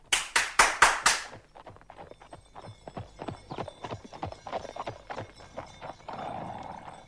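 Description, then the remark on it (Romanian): Horse hooves clip-clop, starting with five loud, sharp, evenly spaced strikes, then settling into a long run of softer, quicker hoofbeats that ends in a short rush of noise. “Vă mulțumesc, însă eu doresc numai o trăsurică, un cal și o perche de pantofi, pentru că vreau să plec iar în lume și să-l caut pe Chei.”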